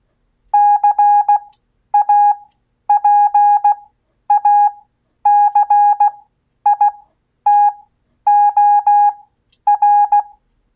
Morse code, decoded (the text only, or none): CAPACITOR